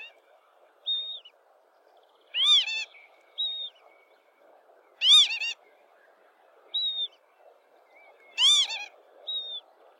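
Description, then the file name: Lapwing calling with three strong, arched, nasal cries about three seconds apart, interspersed with thin high whistles; soft steady background noise. "canto do abibe"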